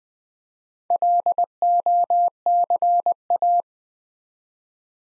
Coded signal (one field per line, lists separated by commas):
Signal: Morse code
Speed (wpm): 20 wpm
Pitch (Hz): 700 Hz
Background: none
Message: LOCA